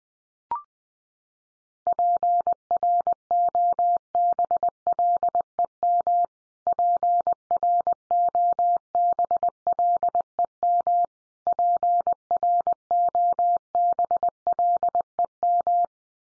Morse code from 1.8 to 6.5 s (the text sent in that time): PROBLEM